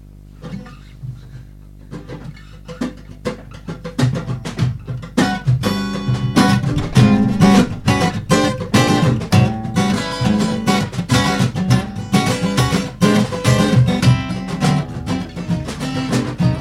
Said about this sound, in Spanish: Y nada más, os voy a pedir un guitarreo final, así de 10 segundos, simplemente para despedir el programa.